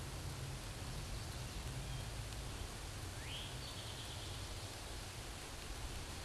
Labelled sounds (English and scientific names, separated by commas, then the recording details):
Eastern Towhee (Pipilo erythrophthalmus) song
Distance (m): 80 m
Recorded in a Pennsylvania forest on 17 May 2023 at 13:59
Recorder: AudioMoth, point grid1_34_low
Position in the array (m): 131 m, 118 m